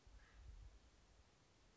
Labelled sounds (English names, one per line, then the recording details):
Acorn Woodpecker
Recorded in Sonoma County, California